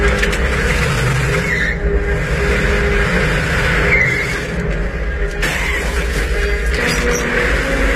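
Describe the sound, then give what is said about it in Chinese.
A car engine runs loudly and steadily for several seconds as the car is driven off a ferry into the sea, a deep rumble with a rough, revving edge and a hiss of road or tire noise, with no voices. “利比见自己的计划落空，便铤而走险，趁莱曼下车买水的功夫，将汽车从渡船上驶入了大海。”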